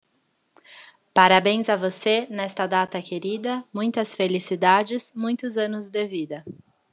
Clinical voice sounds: short text; Brazilian Portuguese; female; 30 to 39 years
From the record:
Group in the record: control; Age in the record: 36 years

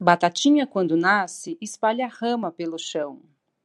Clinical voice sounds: short text; Brazilian Portuguese; female; 50 to 59 years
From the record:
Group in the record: control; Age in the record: 50 years

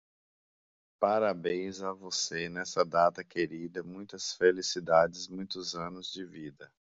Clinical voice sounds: short text; Brazilian Portuguese; male; 50 to 59 years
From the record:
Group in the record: control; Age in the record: 53 years

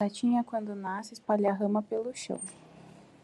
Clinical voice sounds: short text; Brazilian Portuguese; female; 20 to 29 years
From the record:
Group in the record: control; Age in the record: 24 years

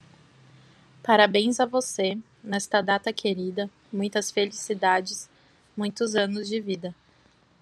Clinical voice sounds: short text; Brazilian Portuguese; female; 20 to 29 years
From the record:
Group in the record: control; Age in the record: 27 years

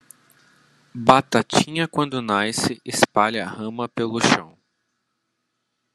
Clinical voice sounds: short text; Brazilian Portuguese; male; 20 to 29 years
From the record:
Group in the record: control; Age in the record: 28 years

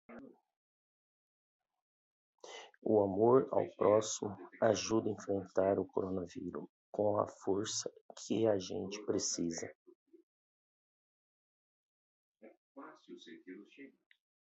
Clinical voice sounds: spoken sentence; Brazilian Portuguese; male; 50 to 59 years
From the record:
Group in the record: control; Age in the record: 50 years

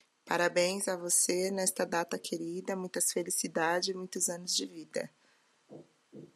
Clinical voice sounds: short text; Brazilian Portuguese; female; 30 to 39 years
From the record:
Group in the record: control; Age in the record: 32 years

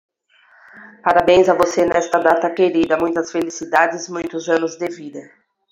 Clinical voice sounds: short text; Brazilian Portuguese; female; 40 to 49 years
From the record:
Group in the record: control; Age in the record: 42 years

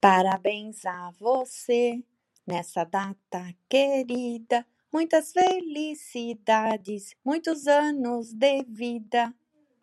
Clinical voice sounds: short text; Brazilian Portuguese; female; 50 to 59 years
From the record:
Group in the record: control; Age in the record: 59 years

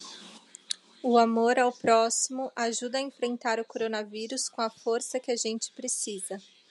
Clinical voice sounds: spoken sentence; Brazilian Portuguese; female; 30 to 39 years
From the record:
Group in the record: control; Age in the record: 31 years

